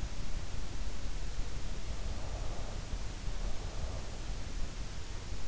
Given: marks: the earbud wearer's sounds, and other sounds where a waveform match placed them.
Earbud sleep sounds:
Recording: sounds in sleep by an in-ear microphone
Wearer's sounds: breath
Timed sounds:
2.19-4.20 s: breath

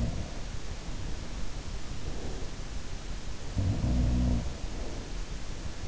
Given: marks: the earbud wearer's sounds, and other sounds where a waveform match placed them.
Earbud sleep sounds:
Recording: sounds in sleep by an in-ear microphone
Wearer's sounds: breath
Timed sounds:
0.00-0.48 s: sound from someone else or the room
0.52-2.48 s: breath
3.47-5.77 s: sound from someone else or the room
4.42-5.77 s: breath

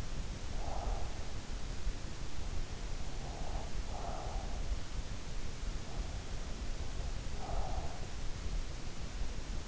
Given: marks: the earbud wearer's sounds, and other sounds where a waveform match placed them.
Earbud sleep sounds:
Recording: sounds in sleep by an in-ear microphone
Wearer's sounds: breath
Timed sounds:
0.00-1.51 s: breath
2.99-5.04 s: breath
5.75-8.45 s: breath

